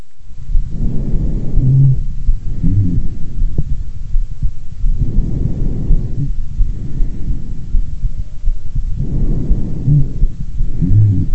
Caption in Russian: Сухих басовых хрипов. Басовые хрипы наиболее часто выслушиваются у пациентов с бронхитом.